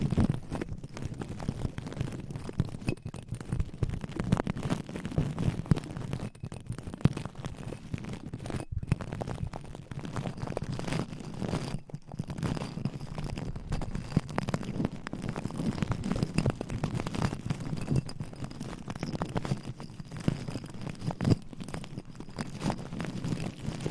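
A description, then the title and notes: Gentle tapping and scratching runs continuously for the whole stretch, a dense patter of small, quick hits with no real pauses. The sound is mostly low and soft, with brief brighter clicks scattered throughout and a slight rumbling undertone. ASMR Tingly Gentle Tapping & Scratching. No Talking.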